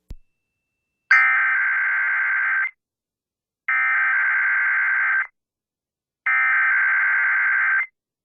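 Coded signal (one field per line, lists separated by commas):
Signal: Emergency Alert System (SAME) tones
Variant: header bursts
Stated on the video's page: Weekly EAS test from an FM radio station at 104.9, recorded via the station's streaming service.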